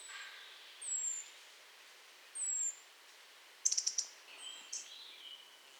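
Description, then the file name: European robin calls: high, thin, falling whistles, then a quick run of sharp ticks and a few softer notes, over quiet background hiss. "Erithacus rubecula"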